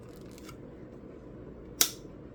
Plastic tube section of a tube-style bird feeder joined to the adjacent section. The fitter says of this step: if you heard that satisfying snap sound there and we're going to do the same thing to this guy here